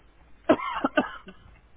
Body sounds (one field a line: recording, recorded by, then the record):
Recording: voluntary cough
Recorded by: telephone call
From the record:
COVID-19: negative